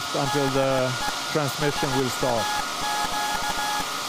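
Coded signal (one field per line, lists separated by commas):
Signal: Morse code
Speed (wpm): 16 wpm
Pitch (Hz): 840 Hz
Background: speech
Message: DE SAQ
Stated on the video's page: Anniversary Morse transmission from the pre-electronic Alexanderson alternator VLF transmitter SAQ at Grimeton, built 1924, sent live.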